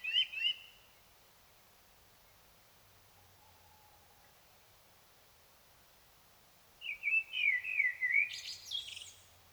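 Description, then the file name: Common blackbird song: a brief fluted phrase at the start, a long quiet gap, then a mellow warbled phrase ending in a high squeaky twitter. "Turdus merula"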